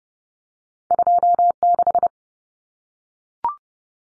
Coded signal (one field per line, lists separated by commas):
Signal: Morse code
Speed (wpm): 30 wpm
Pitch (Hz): 700 Hz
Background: none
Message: 26